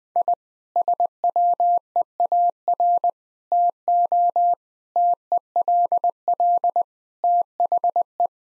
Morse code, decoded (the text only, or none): I SWEAR TO TELL THE